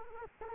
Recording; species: mosquito wingbeat signal from an infrared sensor; Culex quinquefasciatus